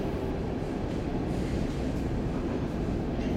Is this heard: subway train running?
yes